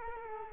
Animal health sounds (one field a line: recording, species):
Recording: mosquito wingbeat signal from an infrared sensor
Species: Culex quinquefasciatus